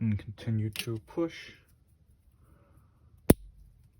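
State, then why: Seated. Someone talks while using a tool to push down the top of the detent pin and slide a Radian Talon 45/90 ambidextrous safety selector over it in a rifle lower receiver. After a quiet stretch of continued pushing, a single sharp snap rings out at 3.3 s as the safety detent snaps into place, seating the selector.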